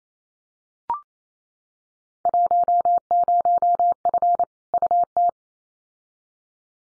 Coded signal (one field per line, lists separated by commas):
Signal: Morse code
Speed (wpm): 28 wpm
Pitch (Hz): 700 Hz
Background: none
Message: 10F UT